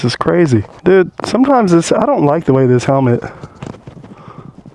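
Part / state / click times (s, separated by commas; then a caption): helmet chin strap buckle into its receiver / not seated / none. A motorcycle rider with a 2023 GSX-R 1000 talks while trying to fasten his helmet's chin-strap buckle into its receiver. After the talking, short soft taps come at about 3.6, 3.7, 4.7 and 4.8 seconds. The buckle has not clicked or latched yet; it fails to fasten.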